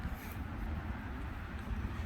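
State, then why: Not seated. A wiper blade adapter is held and lined up on a Michelin XT silicone windshield wiper blade for a Mercedes-Benz luxury sport sedan, ready to be pushed down and snapped in. Only a steady low rumble and faint handling noise are heard, with no sharp sounds. Nothing has clicked or seated yet.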